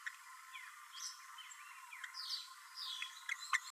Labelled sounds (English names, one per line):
Green-rumped Parrotlet babbling